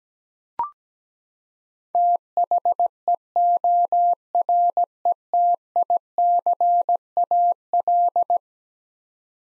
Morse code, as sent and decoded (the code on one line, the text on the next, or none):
- .... . --- .-. . - .. -.-. .- .-..
THEORETICAL